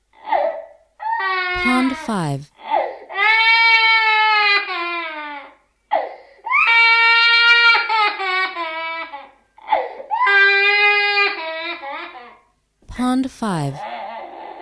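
A 14-month-old boy cries in long, high, wailing bursts with sharp gasping breaths between them, about four cry bouts.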